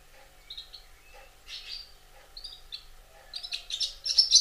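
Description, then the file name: Barn swallow twittering in short scattered bursts of high chirps and warbles, growing busier and louder toward the end. "Golosa ptic - Derevenskaya lastochka Hirundo rustica"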